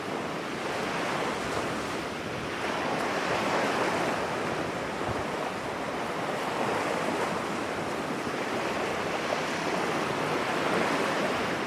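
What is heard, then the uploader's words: Ocean waves wash onto a tropical beach in a dense, continuous roar of surf. The sound swells gently rather than breaking in sharp crashes, staying full and fairly bright throughout, with a light rush of wind across the microphone underneath. Beach Sounds from the Tropics | Ocean Waves.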